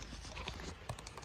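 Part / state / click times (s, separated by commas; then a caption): click torque wrench on cam gear bolts of an engine timing set / not seated / none. A click-type torque wrench is pulled on the small cam gear bolts of a 3.1 engine's timing set while the bolts are re-checked, and the bolts feel too tight for their size. Short metallic ticks and taps sound over a low background rumble. The wrench has not clicked yet.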